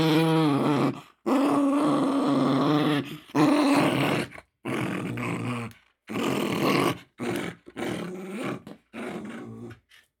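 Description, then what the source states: Dog growling and snarling in a string of rough bursts, each half a second to two seconds long, with short gaps, some growls deep and droning, others harsher and noisier. Angry dog snarling.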